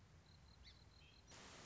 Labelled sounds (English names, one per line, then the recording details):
Song Sparrow
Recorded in Sonoma County, California